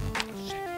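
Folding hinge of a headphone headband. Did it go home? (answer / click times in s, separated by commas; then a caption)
no / none. The plastic folding hinge on the headband of a pair of EcooPro stereo headphones is handled as the headphones are folded back together, with background music playing throughout. Brief handling noises come at about 0.15 s and 0.2 s. Nothing has snapped closed or seated yet.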